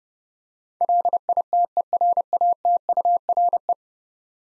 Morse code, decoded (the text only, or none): LITERATURE